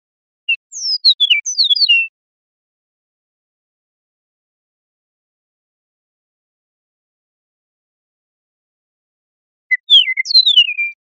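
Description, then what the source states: Eastern meadowlark repeating a bright phrase of clear whistles that glide downward, given twice about eight seconds apart, with quiet in between. Recorded in Costa Rica.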